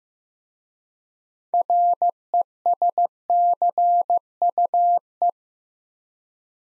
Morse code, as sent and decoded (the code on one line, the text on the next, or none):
.-. . ... -.-. ..- .
RESCUE